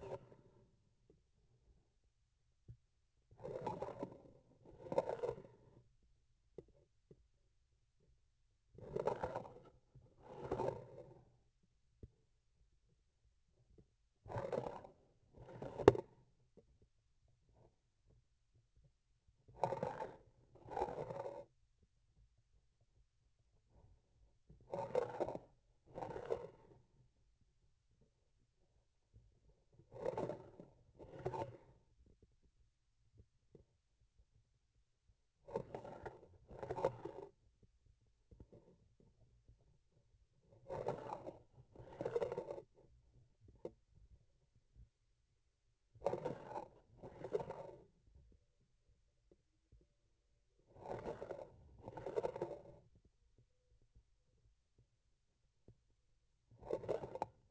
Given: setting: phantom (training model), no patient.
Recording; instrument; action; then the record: laparoscopic instrument, vibration sensor on the handle end; grasping forceps; approaching and retracting movements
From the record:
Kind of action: spatial motion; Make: other than Olympus